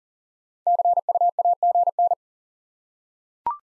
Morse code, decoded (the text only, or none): CUAGN